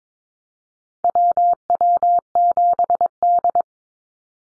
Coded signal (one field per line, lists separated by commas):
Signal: Morse code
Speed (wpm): 22 wpm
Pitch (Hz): 700 Hz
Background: none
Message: WW7D